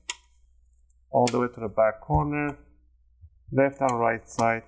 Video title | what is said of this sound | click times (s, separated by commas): How to Acer clean Aspire 5 A514-54-356A Repaste Service 🧹✅ | you want to hear those click sounds work yourself on the side | 0.1 s